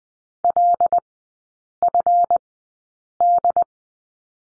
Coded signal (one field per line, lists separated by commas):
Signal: Morse code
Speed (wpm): 20 wpm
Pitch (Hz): 700 Hz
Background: none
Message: LFD